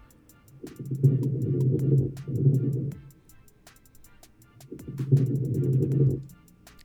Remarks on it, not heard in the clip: The general reason for crackling is actually cardiac. For a lot of people, they have congestive heart failure. And when they start putting on a lot of fluid, the first place fluid likes to go is the lungs. It sounds like more bubbling than anything. So pretty much what you really need to understand is you have air being frictioned against fluid, and it causes that crackly noise. Lasix is going to be your best treatment for crackles.